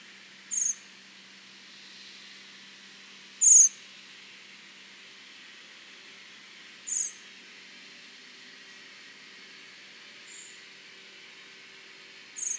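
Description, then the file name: Common blackbird uttering high, thin call notes spaced a few seconds apart, with one fainter note near the end, against a low steady hum. "Turdus merula"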